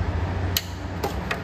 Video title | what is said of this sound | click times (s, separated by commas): PCV Valve Replacement - BMW M54 Engine | there's one click | 0.6 s